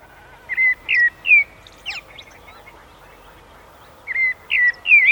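Eurasian blackbird song with slurred, fluty whistled notes in two phrases separated by a pause, with a few faint high squeaks between.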